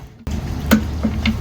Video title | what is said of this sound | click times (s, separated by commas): How to Replace a Leaking Intake Manifold on a Mercury Grand Marquis - 4.6L Engine Repair | All right, click. That's 1, | 0.7 s, 1.3 s